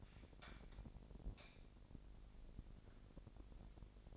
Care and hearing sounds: daily activity, microphone in the room; light on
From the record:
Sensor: 5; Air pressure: 1012.0 hPa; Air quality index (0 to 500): 247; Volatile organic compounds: 5 ppm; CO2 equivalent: 1707 ppm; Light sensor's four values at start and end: 40/94/39/41 and 42/99/41/44

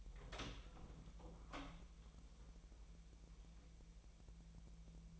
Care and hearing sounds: daily activity, microphone in the room; open door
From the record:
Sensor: 1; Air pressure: 1001.3 hPa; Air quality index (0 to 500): 250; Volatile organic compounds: 144 ppm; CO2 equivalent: 3994 ppm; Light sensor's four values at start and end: 12/30/12/13 and 13/31/13/14

